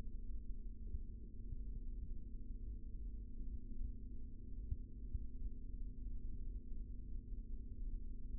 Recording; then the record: forearm muscle sounds (acoustic myography)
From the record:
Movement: rest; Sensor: system 3, bracelet of six PUI Audio POM-2738L microphones around the upper forearm, with dedicated amplification and filtering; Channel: 4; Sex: male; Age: 25 years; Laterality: right